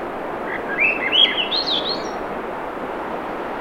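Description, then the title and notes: Swainson's thrush song: breathy rising whistles spiral upward in quick steps and end in a high wispy note, with a constant wash of surf behind. Singing June 7, 2017, 7:15 pm; low 50s, clear skies, between tides; Sun Dew Trail, Schoodic Peninsula, Acadia National Park, Winter Harbor, Maine; Fostex FR2, Sennheiser ME66 shotgun; high-pass filtered against surf noise. "Swainson's Thrush singing Wednesday June 7, 2017 7:15 pm temperature low 50s clear skies between the tides Sun Dew Trail where it intersects with trail to Ocean Beach Schoodic Pennisula Acadia National Park Winter Harbor, ME"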